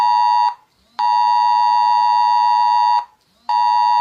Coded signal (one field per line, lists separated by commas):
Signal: Emergency Alert System (SAME) tones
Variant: 853 and 960 Hz attention tone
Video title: (I'M BACK!!!) ⚠️RATING EAS ALARM PART 2⚠️